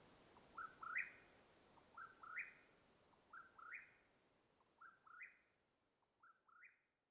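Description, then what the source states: Mexican whip-poor-will heard softly, five burry rising phrases spaced about one and a half seconds apart, fading toward the end. Calling at nightfall, Madera Canyon, Arizona, USA, 21 April 2022.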